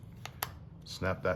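After the memory card is put back in, the plastic battery/card compartment cover on a Vivitar Pro UHD 4K video camera is pressed closed. A faint tick at 0.3 s is followed by a sharp snap at 0.4 s as the cover seats shut, and then someone talks.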